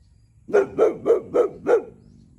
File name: boxer Dog